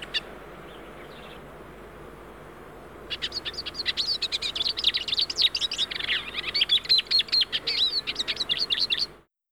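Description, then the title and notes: Hooded siskin song: a rapid, varied twittering of high chirps, trills and buzzy notes, starting after about three seconds of near silence and running until just before the end. Often-caged bird of open natural or cultivated fields; male has a black hood and yellow body, female mostly greenish, yellow wing band shows in flight; restless, with a varied and attractive song; eats seeds taken from plants. "Museo de Ciencias de Bahía Blanca - PdA - Cabecita Negra. Cabecita Negra (Spinus magellanicus)"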